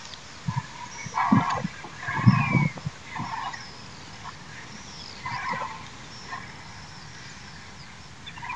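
Cape vulture calls: low guttural grunts and hisses mixed with rasping cackles in irregular bursts, busiest in the first three seconds, then scattered rough notes.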